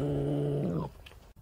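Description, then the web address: Eurasian badger producing one low buzzing growl, flat at first, sliding upward just before it ends abruptly, with quiet afterwards. "tejon. senda zorro"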